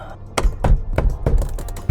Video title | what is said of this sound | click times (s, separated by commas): DIY BMW 328i Broken Window Regulator Swap - E90 E91 Models | one here again snaps right in place | 0.4 s